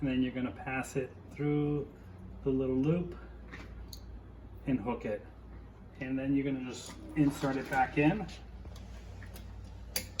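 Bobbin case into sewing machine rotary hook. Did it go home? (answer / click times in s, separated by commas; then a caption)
yes / 10.2 s. Someone talks while the bobbin thread is passed through the little loop of a metal bobbin case, which is then pushed back into the rotary hook of a Consew P1206RB-1 walking foot sewing machine. A sharp, loud click at 10.2 s marks the bobbin case seating in the hook.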